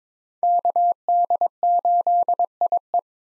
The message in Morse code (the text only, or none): KD8IE